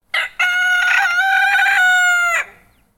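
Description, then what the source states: Bantam chicken: a rooster crowing, with a short opening note then one long, loud, harmonic-rich crow held for about two seconds before breaking off. Tiny bantam rooster crowing in a chicken coop on a farm.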